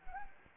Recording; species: mosquito wingbeat signal from an infrared sensor; Anopheles gambiae